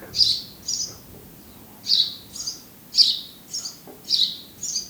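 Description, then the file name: House sparrow chirping, short bright chirps mostly in quick pairs, with pauses between bursts. "Passer domesticus"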